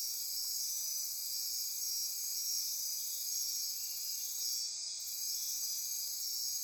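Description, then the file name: Insect chorus, continuous high shrill ringing with soft pulsing trills underneath. Insect chorus recorded at midnight near Corcovado. "Wind-is-the-Original-Radio-Fridays 20240628 Andy-Martin Midnight-Insect-Chorus-Near-Corcovado"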